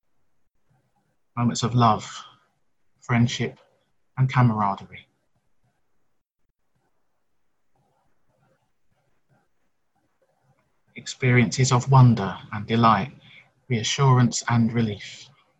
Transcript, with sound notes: moments of love, friendship and camaraderie, [pause]
experiences of wonder and delight; reassurance and relief,